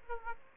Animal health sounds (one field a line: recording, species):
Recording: mosquito wingbeat signal from an infrared sensor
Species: Aedes aegypti